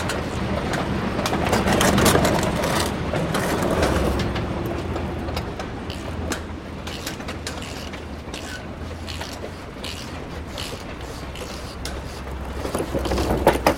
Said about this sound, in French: Là, je remets les plaques moteurs, en fait. C'est un nettoyage que ça commence à être gras. Là, on refixe les plaques à l'intérieur.